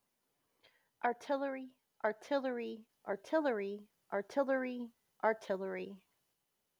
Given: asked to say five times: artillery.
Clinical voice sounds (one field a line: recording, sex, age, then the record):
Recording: repeated word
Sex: female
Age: 30 to 39 years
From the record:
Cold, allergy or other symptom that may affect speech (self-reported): no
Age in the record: 39 years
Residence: Texas, United States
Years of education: 16